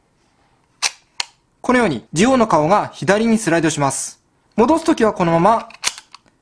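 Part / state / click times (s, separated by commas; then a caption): sliding face of a toy ride watch, into its center position / seated / 5.9 s. Someone talks while handling a plastic DX Zi-O II Ride Watch toy, with two sharp clicks near 0.9 and 1.2 s as the watch face slides left. The sliding face is then pushed back to its center position and locks there with a crisp click at 5.9 s, followed by a few softer ticks.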